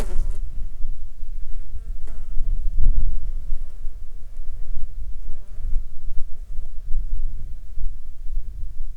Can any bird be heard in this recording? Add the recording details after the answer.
no. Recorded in Ivvavik National Park, Yukon, on 13 July 2019 at 13:29. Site SINP03